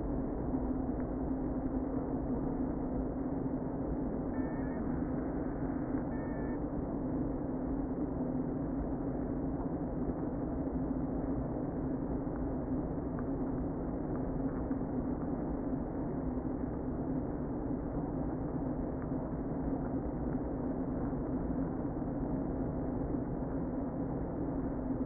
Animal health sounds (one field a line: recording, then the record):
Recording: honeybee colony, microphone inside the hive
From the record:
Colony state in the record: queen present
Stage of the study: before two queens were removed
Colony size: about 60,000 bees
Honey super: yes